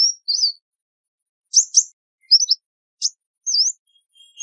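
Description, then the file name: Sunbird calls: a few high twisting whistles and quick paired chips, spaced unevenly with short pauses in between. "Tieng chim hut mat"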